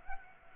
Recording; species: mosquito wingbeat signal from an infrared sensor; Culex pipiens